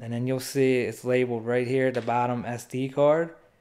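Someone talks while handling an SD card (or a microSD card in an adapter) at the card slot of a 2020 Browning Spec Ops Edge trail camera. Only speech is heard. Nothing has seated or clicked yet.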